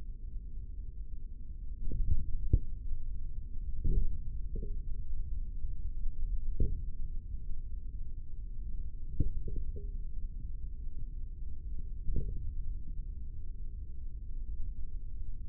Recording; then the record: forearm muscle sounds (acoustic myography)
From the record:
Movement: hand closing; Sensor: system 3, bracelet of six PUI Audio POM-2738L microphones around the upper forearm, with dedicated amplification and filtering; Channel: 5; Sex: male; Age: 25 years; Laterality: right